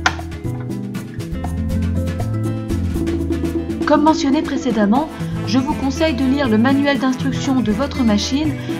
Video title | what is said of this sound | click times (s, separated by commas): TUTO #7 Spécial enfilage : porte-canette horizontal et vertical | Et pour remettre le porte-canette correctement, il suffit de l'enfoncer fermement à l'endroit prévu et d'entendre le clac. | 0.1 s